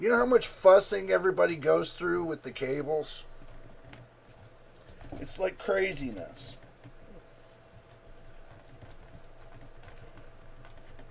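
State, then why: Not seated. Someone talks, then a PC cable connector is pushed into a component header during a PC build, leaving only faint handling sounds and a low hum. The connector has not clicked or seated yet.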